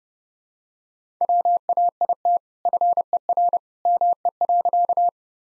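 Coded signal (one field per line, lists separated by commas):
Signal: Morse code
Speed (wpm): 30 wpm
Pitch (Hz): 700 Hz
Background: none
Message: WAIT FER ME.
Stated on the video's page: Morse head-copy drill at 30 wpm of sentences from the top 500 words and abbreviations, each sent twice.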